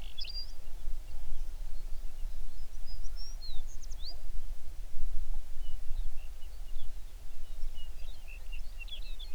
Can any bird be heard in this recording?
yes